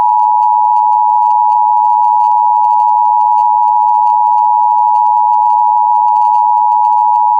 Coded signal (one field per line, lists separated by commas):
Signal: Emergency Alert System (SAME) tones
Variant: 853 and 960 Hz attention tone